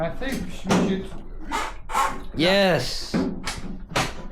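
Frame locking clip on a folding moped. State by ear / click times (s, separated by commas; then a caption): seated / 3.5 s. Someone talks while pushing the folding frame of a Di Blasi folding moped together until its frame locking clip engages behind its catch. A short click is heard at 3.5 s. The frame is seated and locked together.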